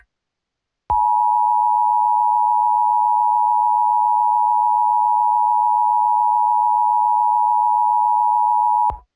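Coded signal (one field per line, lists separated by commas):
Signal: Emergency Alert System (SAME) tones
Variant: 853 and 960 Hz attention tone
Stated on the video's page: Fictional EAS scenario about an alien invasion.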